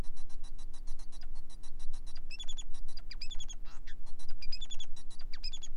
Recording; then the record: song of a male Bengalese finch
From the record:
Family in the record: son of father 4